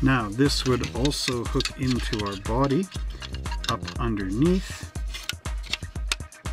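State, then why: Seated. The plastic interior tub of a 1997 Dodge Viper GTS Snap Fast Plus model car by AMT/ERTL is hooked into the underside of the plastic body while someone talks over background music. Several small sharp plastic ticks follow, and the loudest at 6.1 s is the tub's little pins locking into place.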